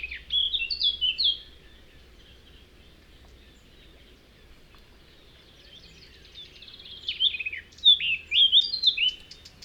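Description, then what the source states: Eurasian Blackcap song: two bursts of fluty, warbling phrases with quick high notes, separated by several seconds of near-silence over a faint low hum. Song described as fluty, rather loud and sharp, often including rolled notes and small crackling sounds.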